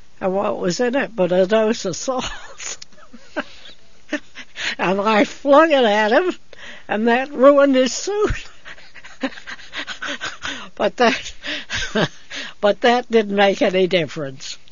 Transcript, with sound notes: and what was in it but a dose of salts. (she laughs) And I flung it at him and that ruined his suit. (she laughs) But that, but that didn't make any difference.